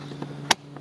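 A new plastic side mirror switch for a Chevrolet Cruze is pushed from the inside into its opening in the door trim panel, replacing a side mirror that was not working. A single strong, sharp click at 0.5 s shows the switch seating in the panel. Two fainter taps are heard at 0.2 s and 0.8 s over a steady low hum.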